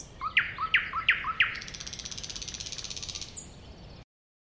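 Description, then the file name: Thrush nightingale song, four loud upward-flicked notes followed by a long dry buzzing rattle. Recorded at a woodland edge next to a lake, 2001. "thrush-nightingale-at-woodland-edge-next-to-the-lake-2001"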